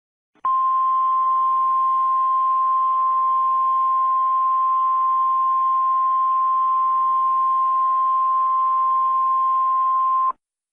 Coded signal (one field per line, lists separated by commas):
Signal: Emergency Alert System (SAME) tones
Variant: 1050 Hz attention tone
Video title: EAS Scenarios #2 - 2020: Chapter Two